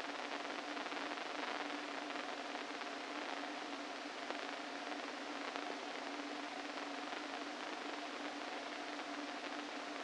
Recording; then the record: brain microelectrode recording played as sound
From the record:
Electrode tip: inside the subthalamic nucleus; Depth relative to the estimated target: -2 mm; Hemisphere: left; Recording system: NeuroSet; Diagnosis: Parkinson's disease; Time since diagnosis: 13 years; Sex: male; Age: 49 years